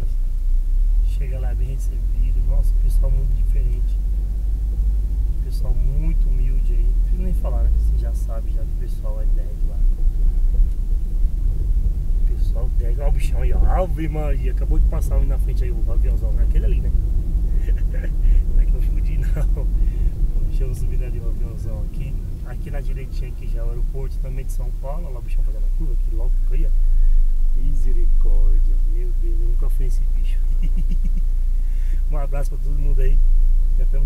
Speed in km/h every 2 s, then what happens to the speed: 11, 17, 22, 24, 26, 26, 27, 31, 34, 34, 32, 23, 11, 0, 0, 0, 2.
0-19 speeds up to 34. 19-26 brakes to 0. 26-34 standing.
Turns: none.